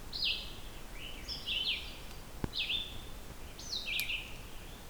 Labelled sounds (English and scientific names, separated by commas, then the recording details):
Red-eyed Vireo (Vireo olivaceus) song
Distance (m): 20 m
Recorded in boreal forest in Alberta, Canada, on 16 June 2016 at 08:41
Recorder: SongMeter 3, array SBT-3-32
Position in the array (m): 44 m, 16 m